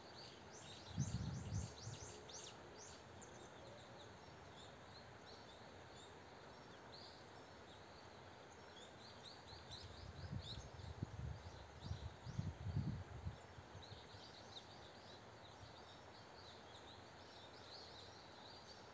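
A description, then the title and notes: Outdoor bird background: dense high chirping and twittering throughout, with low rumbling bursts near 1 second and around 10–13 seconds. Jeju Birds background recording.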